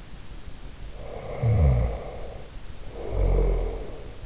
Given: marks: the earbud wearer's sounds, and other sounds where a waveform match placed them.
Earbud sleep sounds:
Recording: sounds in sleep by an in-ear microphone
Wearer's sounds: snoring breath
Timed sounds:
1.00-4.22 s: snoring breath

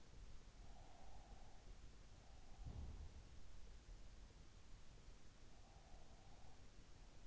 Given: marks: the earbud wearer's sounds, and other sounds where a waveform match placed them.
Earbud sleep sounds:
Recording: sounds in sleep by an in-ear microphone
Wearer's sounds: breath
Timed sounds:
0.58-2.95 s: breath
2.48-4.14 s: sound from someone else or the room
5.44-6.66 s: breath

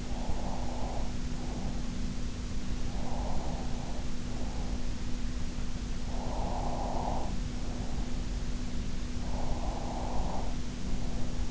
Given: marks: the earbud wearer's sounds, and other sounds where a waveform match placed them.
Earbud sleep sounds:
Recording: sounds in sleep by an in-ear microphone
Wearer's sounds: breath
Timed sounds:
0.00-1.88 s: breath
2.96-4.84 s: breath
6.09-8.34 s: breath
9.24-11.51 s: breath

